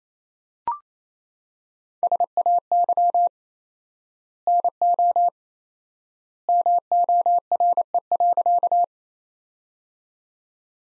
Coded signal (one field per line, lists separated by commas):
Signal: Morse code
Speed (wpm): 27 wpm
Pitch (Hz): 700 Hz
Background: none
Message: SAY NO MORE.